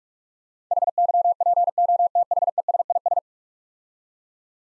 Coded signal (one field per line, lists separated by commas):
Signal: Morse code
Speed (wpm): 46 wpm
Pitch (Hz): 700 Hz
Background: none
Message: HYPOTHESIS